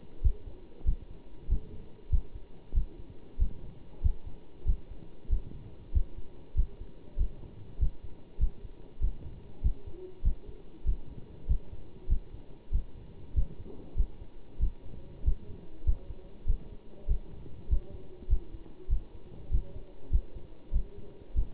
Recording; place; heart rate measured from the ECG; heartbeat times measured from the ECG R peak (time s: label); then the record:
heart sounds by stethoscope; between the tricuspid and mitral areas; 97 bpm
0.23 s: heartbeat
0.85 s: heartbeat
1.49 s: heartbeat
2.11 s: heartbeat
2.74 s: heartbeat
3.39 s: heartbeat
4.02 s: heartbeat
4.66 s: heartbeat
5.30 s: heartbeat
5.93 s: heartbeat
6.56 s: heartbeat
7.18 s: heartbeat
7.79 s: heartbeat
8.39 s: heartbeat
9.01 s: heartbeat
9.63 s: heartbeat
10.24 s: heartbeat
10.85 s: heartbeat
11.48 s: heartbeat
12.09 s: heartbeat
12.72 s: heartbeat
13.35 s: heartbeat
13.96 s: heartbeat
14.60 s: heartbeat
15.24 s: heartbeat
15.85 s: heartbeat
16.46 s: heartbeat
17.08 s: heartbeat
17.69 s: heartbeat
18.29 s: heartbeat
18.89 s: heartbeat
19.51 s: heartbeat
20.11 s: heartbeat
20.72 s: heartbeat
21.35 s: heartbeat
From the record:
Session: bicycle stress test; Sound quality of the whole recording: good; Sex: male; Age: 27 years